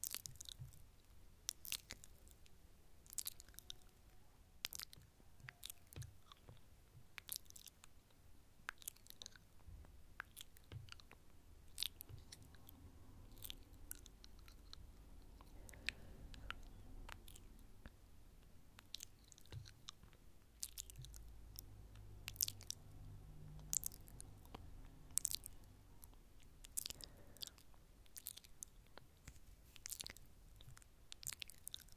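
Wet mouth sounds and nibbling on a microphone, with frequent sharp clicks and crunchy bites over a low rumble.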